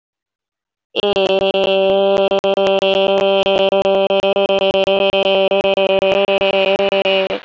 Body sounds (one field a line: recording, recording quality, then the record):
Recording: sustained vowel as in made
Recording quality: excellent, no background noise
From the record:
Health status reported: healthy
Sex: female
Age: 24 years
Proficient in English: yes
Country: India